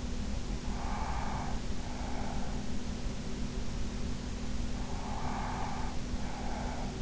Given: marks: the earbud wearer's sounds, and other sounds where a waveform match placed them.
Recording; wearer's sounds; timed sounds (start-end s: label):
sounds in sleep by an in-ear microphone; breath
0.63-2.68 s: breath
4.74-7.02 s: breath